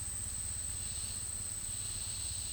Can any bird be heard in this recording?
no